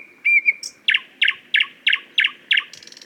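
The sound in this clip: Thrush nightingale giving a whistled note, then a string of six loud, chunky notes, ending in a buzzy rasp.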